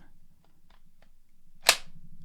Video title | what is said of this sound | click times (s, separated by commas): How To Use Your Ryobi Drill Like A Pro! - Ryobi Drill Settings Explained | You want to hear that click. | 1.7 s